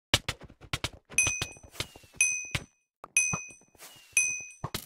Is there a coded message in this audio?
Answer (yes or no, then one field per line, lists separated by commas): no